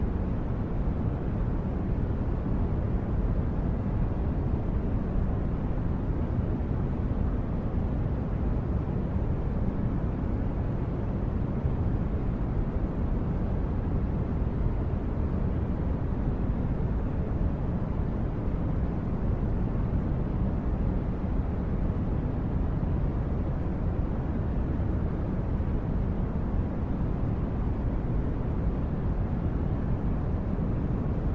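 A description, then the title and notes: A deep, steady hum fills the whole recording, heaviest in the low end with a softer hiss above. It holds at an even level without pauses or distinct events, like the drone of a large engine. WNP- Celestial Hum. This is just a deep hum.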